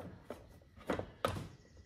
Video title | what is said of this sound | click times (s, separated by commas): ( Motor Guide Trolling Motor Repair )How to change a Bad Control Board | slides in locks in place | 1.2 s